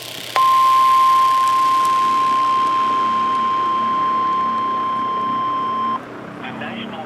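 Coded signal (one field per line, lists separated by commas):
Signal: Emergency Alert System (SAME) tones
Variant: 1050 Hz attention tone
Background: speech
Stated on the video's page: Severe thunderstorm and tornado warning EAS alerts.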